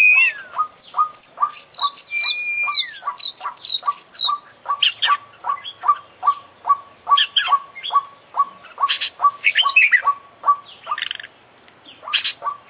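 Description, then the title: Oriental magpie-robin song opening with a falling whistle, then a brisk, steady series of short repeated notes with occasional sharper chattering phrases. Competition kacer, an international champion bird, singing with full, complete isian (song fill-ins); long-duration recording. "KICAU KACER JUARA INTERNASIONAL FULL ISIAN KOMPLIT"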